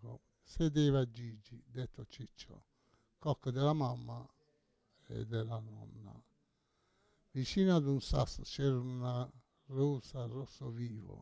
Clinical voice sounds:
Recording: read passage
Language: Italian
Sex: male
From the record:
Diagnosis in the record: Parkinson's disease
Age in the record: 68 years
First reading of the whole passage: 85 s, 6.1 characters per second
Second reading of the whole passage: 63 s, 8.2 characters per second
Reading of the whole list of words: 49 s, 5.8 characters per second

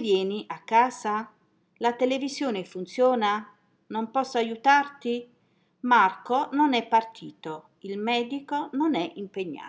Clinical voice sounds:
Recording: read phrases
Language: Italian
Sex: female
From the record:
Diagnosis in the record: healthy control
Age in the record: 60 years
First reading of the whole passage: 59 s, 7.9 characters per second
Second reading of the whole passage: 55 s, 8.5 characters per second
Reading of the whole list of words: 44 s, 6.4 characters per second

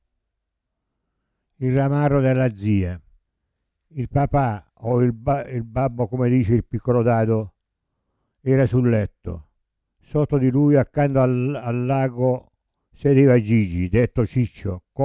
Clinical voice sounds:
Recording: read passage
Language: Italian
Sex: male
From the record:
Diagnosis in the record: Parkinson's disease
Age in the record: 70 years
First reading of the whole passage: 65 s, 7.9 characters per second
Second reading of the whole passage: 60 s, 8.6 characters per second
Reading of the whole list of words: 48 s, 5.8 characters per second

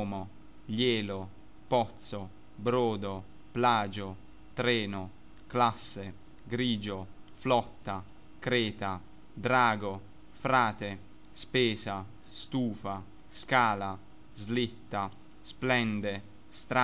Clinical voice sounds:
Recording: read list of words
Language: Italian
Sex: male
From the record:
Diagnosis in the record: healthy control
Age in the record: 21 years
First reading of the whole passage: 44 s, 11.7 characters per second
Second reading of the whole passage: 44 s, 11.8 characters per second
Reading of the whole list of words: 49 s, 5.8 characters per second

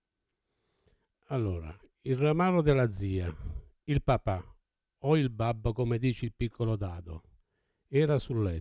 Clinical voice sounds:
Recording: read passage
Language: Italian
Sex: male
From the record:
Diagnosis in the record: Parkinson's disease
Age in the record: 70 years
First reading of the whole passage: 68 s, 7.6 characters per second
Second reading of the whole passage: 61 s, 8.4 characters per second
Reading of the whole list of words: 64 s, 4.4 characters per second

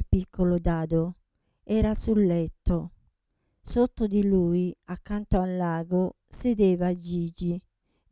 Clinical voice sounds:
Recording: read passage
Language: Italian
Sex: female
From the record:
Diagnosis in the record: Parkinson's disease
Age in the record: 67 years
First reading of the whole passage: 79 s, 6.5 characters per second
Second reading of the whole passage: 74 s, 7.0 characters per second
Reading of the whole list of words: 72 s, 3.9 characters per second

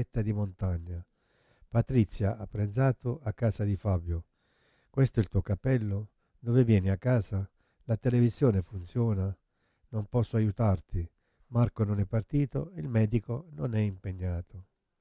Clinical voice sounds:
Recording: read phrases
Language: Italian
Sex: male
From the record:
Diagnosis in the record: Parkinson's disease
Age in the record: 71 years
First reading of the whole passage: 50 s, 10.4 characters per second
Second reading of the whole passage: 45 s, 11.4 characters per second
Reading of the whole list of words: 37 s, 7.6 characters per second

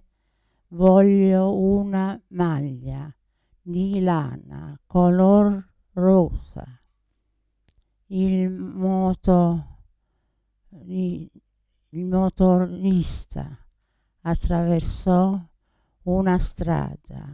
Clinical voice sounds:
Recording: read phrases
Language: Italian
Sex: female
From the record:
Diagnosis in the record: Parkinson's disease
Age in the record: 80 years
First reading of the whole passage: 169 s, 3.1 characters per second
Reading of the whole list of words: 101 s, 2.8 characters per second

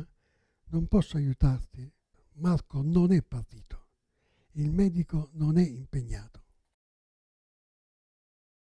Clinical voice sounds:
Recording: read phrases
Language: Italian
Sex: male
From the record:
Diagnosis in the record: Parkinson's disease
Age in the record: 77 years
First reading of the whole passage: 65 s, 8.0 characters per second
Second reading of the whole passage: 61 s, 8.5 characters per second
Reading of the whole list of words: 50 s, 5.6 characters per second

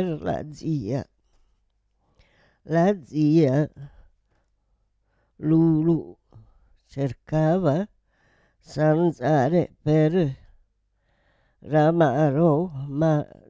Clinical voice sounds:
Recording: read passage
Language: Italian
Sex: female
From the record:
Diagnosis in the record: Parkinson's disease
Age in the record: 78 years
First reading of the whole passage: 164 s, 3.2 characters per second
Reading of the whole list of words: 108 s, 2.6 characters per second

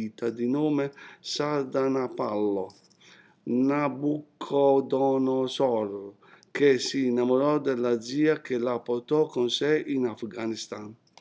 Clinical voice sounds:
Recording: read passage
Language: Italian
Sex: male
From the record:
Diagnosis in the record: healthy control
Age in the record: 60 years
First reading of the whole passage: 60 s, 8.3 characters per second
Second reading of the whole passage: 54 s, 9.4 characters per second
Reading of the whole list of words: 38 s, 7.2 characters per second

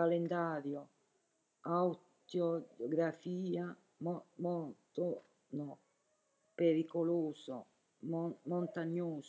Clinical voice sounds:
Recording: read list of words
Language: Italian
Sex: female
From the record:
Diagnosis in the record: healthy control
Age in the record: 70 years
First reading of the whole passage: 149 s, 3.0 characters per second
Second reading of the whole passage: 105 s, 4.4 characters per second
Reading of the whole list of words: 65 s, 4.0 characters per second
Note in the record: marked for poor recording quality or reading difficulty

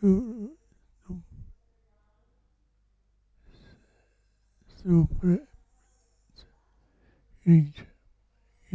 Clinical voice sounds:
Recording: read list of words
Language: Italian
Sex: male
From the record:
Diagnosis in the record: Parkinson's disease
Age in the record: 65 years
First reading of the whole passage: 164 s, 3.2 characters per second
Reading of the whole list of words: 151 s, 1.9 characters per second

